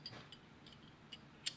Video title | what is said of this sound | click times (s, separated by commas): How to Clean a Glock Pistol - TekMat - Basic Gun Cleaning | barrel will just click right into place when you have it where it's supposed to be | 1.5 s